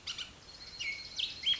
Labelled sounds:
Bullock's Oriole
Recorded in Sonoma County, California

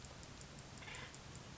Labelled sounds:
Acorn Woodpecker
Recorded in Sonoma County, California

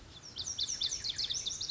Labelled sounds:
Lazuli Bunting
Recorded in Sonoma County, California

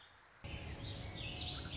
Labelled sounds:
Warbling Vireo
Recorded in Sonoma County, California

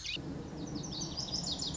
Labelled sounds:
Lazuli Bunting
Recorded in Sonoma County, California

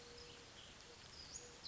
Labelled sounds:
Western Flycatcher
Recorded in Sonoma County, California

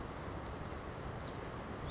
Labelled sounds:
Blue-gray Gnatcatcher
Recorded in Sonoma County, California

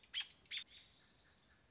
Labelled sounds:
American Robin
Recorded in Sonoma County, California

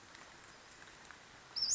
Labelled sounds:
Western Flycatcher
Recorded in Sonoma County, California

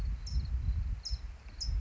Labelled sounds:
California Towhee
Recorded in Sonoma County, California

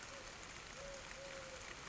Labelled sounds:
Eurasian Collared Dove
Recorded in Sonoma County, California

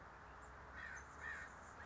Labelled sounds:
Anna's Hummingbird
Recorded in Sonoma County, California

